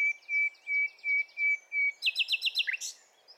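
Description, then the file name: Common nightingale song: several long, even whistled notes at a steady pitch, then a rapid buzzy trill and a short sharp ending. "Luscinia megarhynchos"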